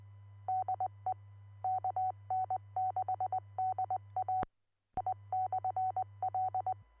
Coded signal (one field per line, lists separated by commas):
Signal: Morse code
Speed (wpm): 20 wpm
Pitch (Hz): 750 Hz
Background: none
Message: DE KN6DA I/L